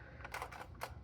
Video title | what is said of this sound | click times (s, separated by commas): My Load Out For the Dart Zone Aeon Pro X! [Episode 5] | but it it's a little tricky. You kind of have to wiggle it in there, but it locks into place and it feeds, | 0.8 s